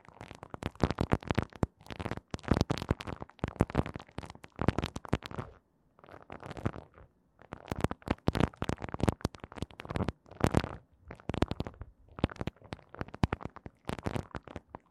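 Ear cleaning sounds: dense bursts of scratchy, rustling scraping with a muffled, rumbling body, coming in rapid clusters. Brief quiet gaps break the activity around six and ten seconds, then the busy, irregular scratching resumes to the end.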